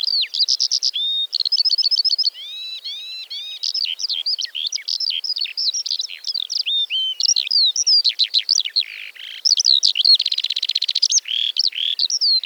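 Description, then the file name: Eurasian skylark song, a rapid, unbroken torrent of high chirps, trills and slurred whistles, with quick buzzy rattles woven through and almost no pauses. "Feldlerche- Alauda arvensis"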